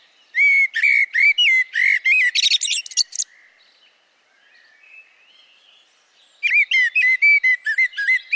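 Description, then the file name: Eurasian blackbird delivering a run of quick whistled notes ending in high twittering, a quiet gap of about three seconds, then another rapid whistled phrase. "Turdus merula"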